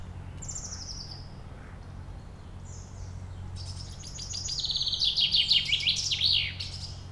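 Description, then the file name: Common chaffinch: thin high whistles at first, then a rapid cascade of notes falling in pitch, finishing in an emphatic flourish, over a faint low hum. "Fringilla coelebs"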